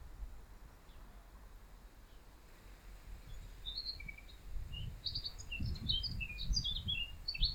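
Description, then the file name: Eurasian blackcap warbling: a few quiet notes, then a fuller burst of quick, varied whistled notes in the second half over low rumbling noise. "Sylvia atricapilla"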